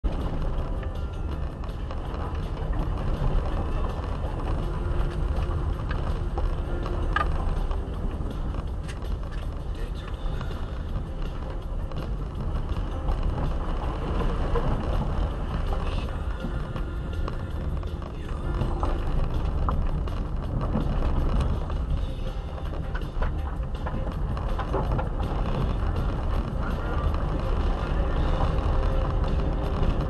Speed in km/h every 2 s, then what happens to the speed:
19, 19, 19, 18, 18, 18, 16, 17, 18, 18, 20, 17, 17, 18, 18.
0-30 steady at about 18.